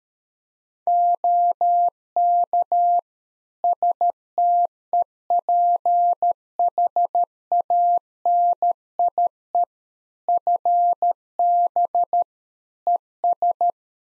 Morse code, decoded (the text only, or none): OK STEPHANIE FB ES